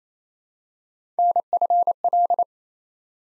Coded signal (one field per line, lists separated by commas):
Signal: Morse code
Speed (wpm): 27 wpm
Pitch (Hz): 700 Hz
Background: none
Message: NFL